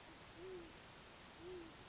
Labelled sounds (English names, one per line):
Great Horned Owl